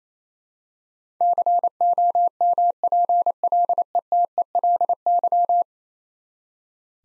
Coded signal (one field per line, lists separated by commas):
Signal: Morse code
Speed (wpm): 28 wpm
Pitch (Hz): 700 Hz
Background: none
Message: COMPLETELY